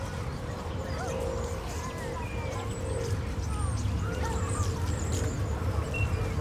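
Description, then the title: Common starling flock calls: a busy mix of short whistles and slurred squeaks, heard over steady traffic rumble and a low mechanical hum. Flock of starlings in plane trees in a city park, Molenbeek-Saint-Jean, Brussels, Belgium; city traffic audible; recorded with Lom mikroUši microphones into a Deity PR-2. "Parc de la Porte de Ninove, Molenbeek-Saint-Jean, Bruxelles-Capitale, Belgique - Starlings and the city"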